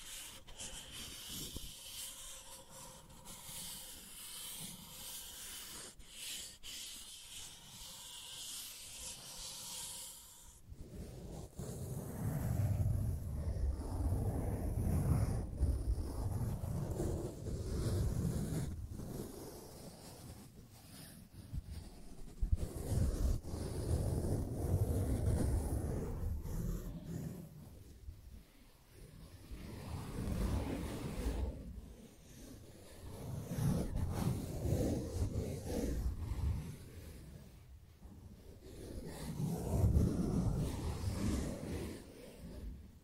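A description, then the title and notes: Sensitive ASMR tracing: soft rubbing and brushing sweeps over the microphone. For the first ten seconds there is only a steady hiss with faint tones. After that, muffled, low-heavy strokes swell and fade in slow waves every few seconds. ASMR Sensitive Tracing (No Talking).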